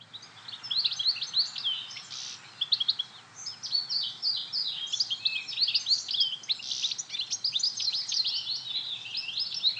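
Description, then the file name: European goldfinch song, a fast tinkling twitter of high liquid trills and chirps, run together almost continuously with brief pauses. "Carduelis carduelis"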